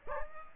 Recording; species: mosquito wingbeat signal from an infrared sensor; Aedes aegypti